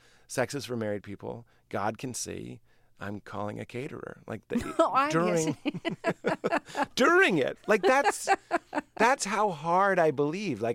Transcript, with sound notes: Sex is for married people. God can see. I'm calling a caterer.
(Laughter) Oh, I see.
(LAUGHTER)
During it.
(Laughter).
Like, that's how hard I believed.